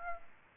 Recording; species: mosquito wingbeat signal from an infrared sensor; Aedes aegypti